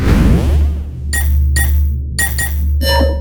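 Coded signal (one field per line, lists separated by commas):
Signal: none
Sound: sci-fi interface beeps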